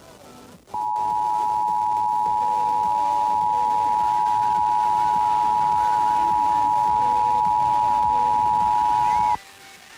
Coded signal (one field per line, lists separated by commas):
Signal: Emergency Alert System (SAME) tones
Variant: 853 and 960 Hz attention tone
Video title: EAS #855-856: 2 EAS Required Monthly Tests- Aug. 7, 2023- 12:15AM PDT